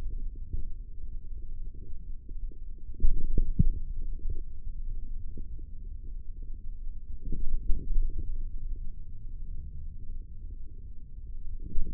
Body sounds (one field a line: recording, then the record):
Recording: forearm muscle sounds (acoustic myography)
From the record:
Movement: hand opening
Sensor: system 3, bracelet of six PUI Audio POM-2738L microphones around the upper forearm, with dedicated amplification and filtering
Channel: 2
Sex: male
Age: 55 years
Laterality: right